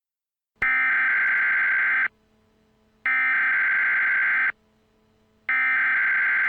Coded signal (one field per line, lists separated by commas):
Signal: Emergency Alert System (SAME) tones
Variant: header bursts